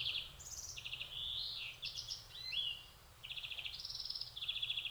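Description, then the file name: European greenfinch twittering: a continuous run of rapid buzzy trills and chirps changing pitch, with brief rising notes in between, over a soft low background hum. "Chloris chloris"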